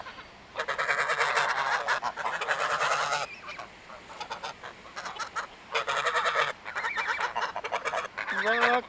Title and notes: Unsere Freunde, die Gänse. Besuch bei unseren Gänse-Freunden